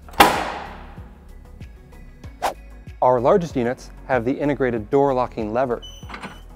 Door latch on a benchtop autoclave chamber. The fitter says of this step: Para asegurar la puerta, solo necesita cerrarla y presionar firmemente hasta que encaje en su lugar.